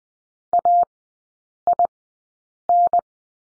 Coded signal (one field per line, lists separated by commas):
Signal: Morse code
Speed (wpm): 20 wpm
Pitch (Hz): 700 Hz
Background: none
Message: AIN